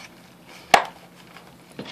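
A Kydex holster's belt clip is pushed onto a belt, with faint handling sounds before a single loud, sharp snap at 0.7 s as the clip snaps on. A brief decaying rattle follows, then quiet handling and a softer knock near 1.8 s, and the holster is left clipped onto the belt.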